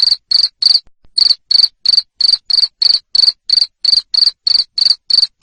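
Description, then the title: Cricket with a rapid series of piercing chirps, close to three each second, after one short gap early on. Loud cricket chirping (jangkrik ngerik) played to stimulate lovebirds to sing continuously (ngekek). "Suara JANGKRIK NGERIK Keras Bikin LOVEBIRD Jadi NGEKEK Terus Vubey"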